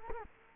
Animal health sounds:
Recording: mosquito wingbeat signal from an infrared sensor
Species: Culex quinquefasciatus

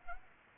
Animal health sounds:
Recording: mosquito wingbeat signal from an infrared sensor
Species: Culex pipiens

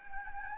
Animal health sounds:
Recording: mosquito wingbeat signal from an infrared sensor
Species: Anopheles gambiae

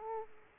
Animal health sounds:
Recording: mosquito wingbeat signal from an infrared sensor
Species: Aedes aegypti

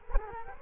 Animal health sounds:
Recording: mosquito wingbeat signal from an infrared sensor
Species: Culex quinquefasciatus

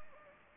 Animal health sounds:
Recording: mosquito wingbeat signal from an infrared sensor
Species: Anopheles gambiae

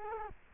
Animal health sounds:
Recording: mosquito wingbeat signal from an infrared sensor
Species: Culex quinquefasciatus

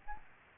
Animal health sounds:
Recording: mosquito wingbeat signal from an infrared sensor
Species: Aedes aegypti

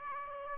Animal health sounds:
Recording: mosquito wingbeat signal from an infrared sensor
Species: Aedes aegypti

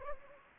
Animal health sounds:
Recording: mosquito wingbeat signal from an infrared sensor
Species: Anopheles gambiae

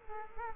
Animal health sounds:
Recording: mosquito wingbeat signal from an infrared sensor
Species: Culex quinquefasciatus

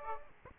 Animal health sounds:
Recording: mosquito wingbeat signal from an infrared sensor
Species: Aedes aegypti

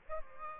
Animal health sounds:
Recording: mosquito wingbeat signal from an infrared sensor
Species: Aedes albopictus

